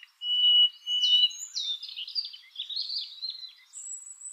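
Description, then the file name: Common nightingale singing: a steady pure whistle, then a run of rich, varied slurred notes and a final high thin whistle. "Luscinia megarhynchos"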